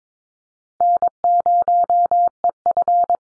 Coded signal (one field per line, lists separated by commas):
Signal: Morse code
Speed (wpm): 22 wpm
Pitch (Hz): 700 Hz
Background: none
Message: N0EF